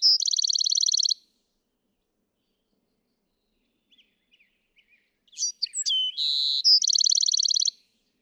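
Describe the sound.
Bewick's wren, a fast buzzy trill, faint soft notes in a pause, then a new song with sliding notes, a buzz and another rapid trill.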